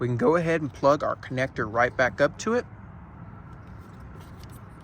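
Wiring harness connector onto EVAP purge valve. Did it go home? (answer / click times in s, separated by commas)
no / none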